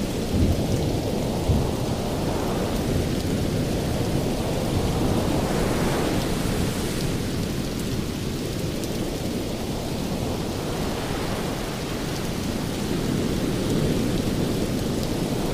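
Steady, dense rain hisses over a deep low roar, with broad surges swelling and fading every few seconds like waves rolling in.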